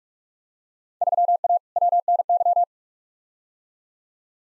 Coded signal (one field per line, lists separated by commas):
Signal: Morse code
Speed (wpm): 46 wpm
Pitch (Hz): 700 Hz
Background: none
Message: 3A WNY